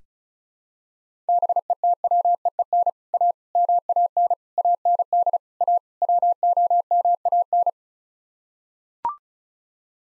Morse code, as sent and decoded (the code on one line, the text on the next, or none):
-... . - .-- . . -. / .- / -- .- -. / .- -. -.. / .- / .-- --- -- .- -.
BETWEEN A MAN AND A WOMAN